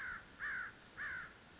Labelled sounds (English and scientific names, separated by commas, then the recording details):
American Crow (Corvus brachyrhynchos)
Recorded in Sonoma County, California